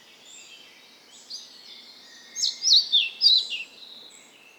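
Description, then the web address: Bird song building from soft twittering into three or four loud, sharply warbled high notes in the middle, then fading back to quiet chatter. "birdsong 4 14"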